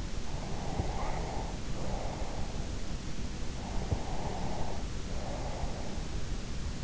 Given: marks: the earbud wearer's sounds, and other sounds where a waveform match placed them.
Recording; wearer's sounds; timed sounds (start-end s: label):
sounds in sleep by an in-ear microphone; breath
0.29-2.80 s: breath
3.37-6.12 s: breath